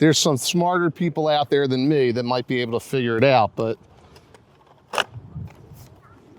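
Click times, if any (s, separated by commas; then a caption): 4.9 s, 5.0 s. Someone talks, then a plastic snap-in part is pushed into the body of a large toy helicopter. A sharp click is heard at about 4.9 and 5.0 seconds as it snaps home and seats, after which it cannot be removed.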